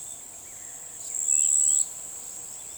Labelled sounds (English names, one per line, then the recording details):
none
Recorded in forest near Pivijay, Magdalena, Colombia, on 13 April 2023 at 06:00
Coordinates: 10.467, -74.380
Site Z5-G034